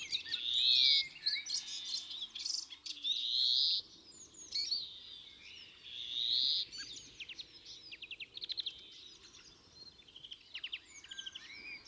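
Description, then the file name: European greenfinch song: drawn-out nasal wheezes repeated every few seconds, interspersed with fast twittering trills that grow sparser and quieter late. "Chloris chloris"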